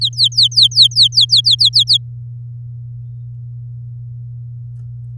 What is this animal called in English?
Domestic Canary